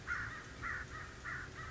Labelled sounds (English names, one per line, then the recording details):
American Crow
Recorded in Sonoma County, California